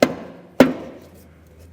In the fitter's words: and that felt good it actually just snapped right into position ours went exceptionally well hopefully